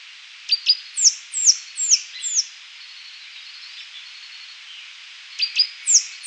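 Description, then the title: Saffron-billed sparrow song: a run of four very high, thin, downslurred notes with a few sharp ticks, then a pause before another short burst. "LuckyPassaro Completos2Sama. Saffron-billed Sparrow (Arremon flavirostris)"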